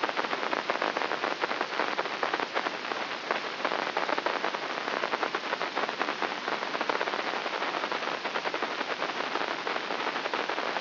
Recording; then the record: brain microelectrode recording played as sound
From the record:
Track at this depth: inside the subthalamic nucleus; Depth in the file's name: 0.041 mm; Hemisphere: right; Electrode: 3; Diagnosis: Parkinson's disease